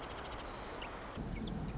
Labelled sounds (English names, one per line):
Marsh Wren